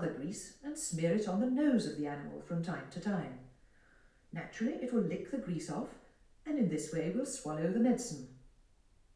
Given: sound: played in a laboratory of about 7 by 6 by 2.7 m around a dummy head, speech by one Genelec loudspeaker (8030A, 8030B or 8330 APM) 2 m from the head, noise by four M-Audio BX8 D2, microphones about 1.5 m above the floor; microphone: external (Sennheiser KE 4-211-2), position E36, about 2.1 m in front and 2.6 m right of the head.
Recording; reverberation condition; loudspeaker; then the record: female speech in English; medium; 150 degrees to the left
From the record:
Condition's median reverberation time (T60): about 510 ms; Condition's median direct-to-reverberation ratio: about -0.5 dB